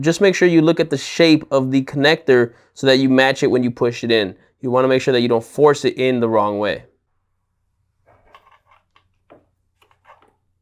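A shaped SATA-style drive cable connector is lined up with its motherboard port and handled while someone talks until about 6.8 seconds. After a pause, a few faint, brief handling ticks follow between 8.3 and 10.2 seconds. Nothing has seated or clicked yet.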